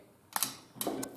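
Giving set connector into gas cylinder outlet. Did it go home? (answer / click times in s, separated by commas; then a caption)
yes / 0.8 s. A gas giving set connector is pushed into the outlet of a gas cylinder, giving two sharp knocks at about 0.4 s. It seats with a crisp click at 0.8 s, followed by a lighter tick near 1.0 s, confirming the connector is in.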